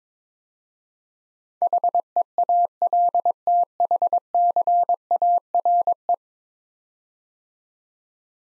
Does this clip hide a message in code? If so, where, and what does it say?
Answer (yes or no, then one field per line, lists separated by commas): yes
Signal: Morse code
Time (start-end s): 1.6-6.1 s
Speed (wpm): 23 wpm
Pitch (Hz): 700 Hz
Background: none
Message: HEALTHCARE